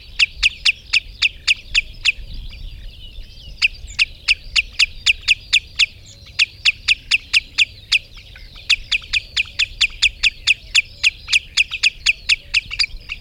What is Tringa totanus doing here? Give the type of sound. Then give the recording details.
call. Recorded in the wild. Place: Lieschow, Insel Rügen, Mecklenburg-Vorpommern, DE. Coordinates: 54.433, 13.172. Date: 1975-05-25. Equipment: Nagra III BH, Sennheiser MD 21, parabola. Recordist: Schubert, Michael